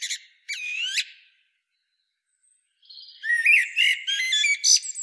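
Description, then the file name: Common blackbird calling: a rising whistled note, then a pause before a fast burst of squeaky, twittering high notes. "Turdus merula"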